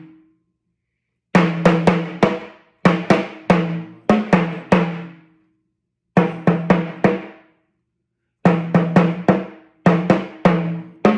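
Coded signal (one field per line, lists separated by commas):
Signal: talking drum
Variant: Yoruba, sakara drum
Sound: phrases of resonant low drum strokes, three to six per group, pitch bending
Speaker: that doesn't amount as not as thought doesn't amount to the height of your knee and is threatening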